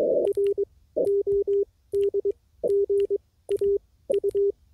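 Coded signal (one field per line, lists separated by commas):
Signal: Morse code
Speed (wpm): 22 wpm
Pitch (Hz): 400 Hz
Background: none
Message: R OD GA U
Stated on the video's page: CW QRP ragchew at 5 watts over 1100 km, 24 WPM, wire antenna on shortwave, exchanging name, location, station and weather.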